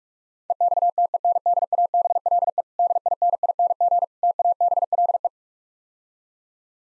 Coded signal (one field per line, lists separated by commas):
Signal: Morse code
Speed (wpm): 45 wpm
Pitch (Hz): 700 Hz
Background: none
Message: EXTENDABLE DINING TABLE